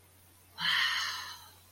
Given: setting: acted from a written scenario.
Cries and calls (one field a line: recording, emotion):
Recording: vocal sound without words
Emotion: awe